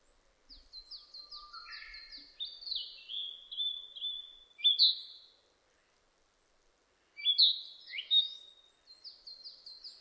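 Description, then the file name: Narcissus flycatcher song: high chirping series building into louder whistled phrases, then a short silence before bright, sharp phrases resume. Recorded 25 April 2006; Japanese name kibitaki. "060425 kibitaki"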